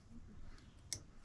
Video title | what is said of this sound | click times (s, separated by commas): 2016 Scion tC Front Brake Pads Replacement | You'll hear them click. I don't know if you heard that. One pad ready. | 0.9 s